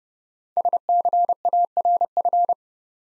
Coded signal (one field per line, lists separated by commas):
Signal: Morse code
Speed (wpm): 31 wpm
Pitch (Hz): 700 Hz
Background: none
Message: SCARF